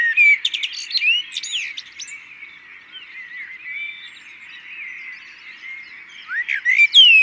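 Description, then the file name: Common blackbird, fast scratchy calls and whistled slides at the start and close, quieter in between. "Turdus merula"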